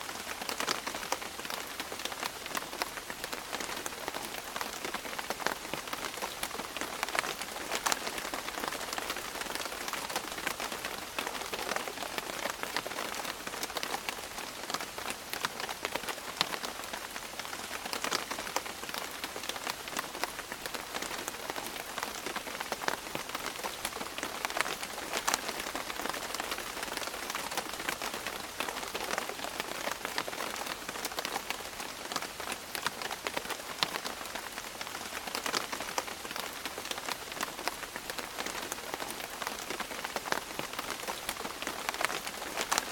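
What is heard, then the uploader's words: Raindrops patter steadily on a surface, a dense, even hiss of countless small ticks with bright individual drops standing out throughout. The level holds constant for the whole stretch, with little low rumble and no other sounds. Tranquil Rainfall Oasis. The rhythmic patter of raindrops.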